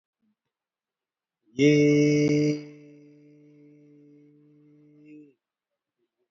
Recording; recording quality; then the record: sustained vowel as in made; excellent, no background noise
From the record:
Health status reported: healthy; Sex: male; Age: 39 years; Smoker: no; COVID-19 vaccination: one dose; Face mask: worn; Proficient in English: yes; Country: India